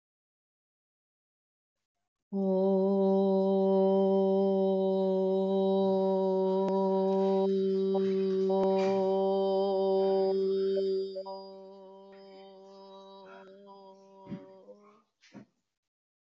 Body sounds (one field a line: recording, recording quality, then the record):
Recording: sustained vowel as in boot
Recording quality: excellent, no background noise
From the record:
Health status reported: COVID-19 positive, mild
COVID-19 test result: positive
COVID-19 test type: RT-PCR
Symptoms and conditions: cold, sore throat, fever, muscle pain, hypertension, diabetes, another condition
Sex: female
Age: 52 years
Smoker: no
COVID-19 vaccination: both doses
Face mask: not worn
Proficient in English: yes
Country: India